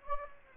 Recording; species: mosquito wingbeat signal from an infrared sensor; Anopheles gambiae